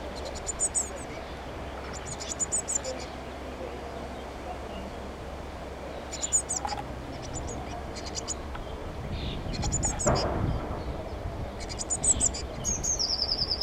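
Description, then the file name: Eurasian blue tit calls: sharp high chittering bursts repeated every few seconds, with a thin whistled note near the close. "Cyanistes caeruleus"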